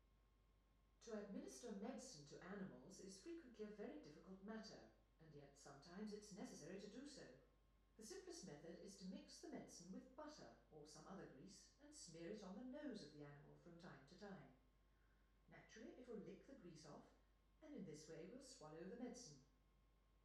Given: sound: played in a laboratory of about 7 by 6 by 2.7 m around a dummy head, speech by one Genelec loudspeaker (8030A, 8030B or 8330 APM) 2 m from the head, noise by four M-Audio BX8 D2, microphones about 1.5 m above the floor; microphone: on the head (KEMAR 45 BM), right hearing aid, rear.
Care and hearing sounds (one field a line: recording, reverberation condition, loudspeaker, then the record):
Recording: female speech in English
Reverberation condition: medium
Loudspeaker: 90 degrees to the left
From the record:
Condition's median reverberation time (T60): about 510 ms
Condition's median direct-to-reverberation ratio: about -0.5 dB